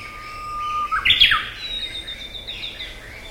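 Black paradise flycatcher call, one rasping, scratchy burst lasting under half a second, with a thin, drawn-out whistle before and after it.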